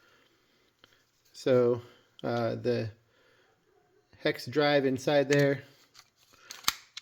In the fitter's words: snaps right in